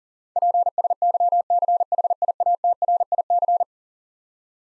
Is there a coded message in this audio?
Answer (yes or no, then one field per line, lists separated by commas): yes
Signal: Morse code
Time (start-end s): 0.4-3.6 s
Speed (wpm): 40 wpm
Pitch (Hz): 700 Hz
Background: none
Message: PSYCHIATRIC